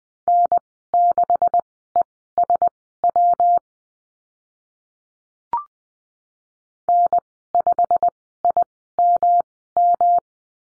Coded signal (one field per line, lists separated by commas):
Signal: Morse code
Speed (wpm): 20 wpm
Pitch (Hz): 700 Hz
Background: none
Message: N6ESW N5IMM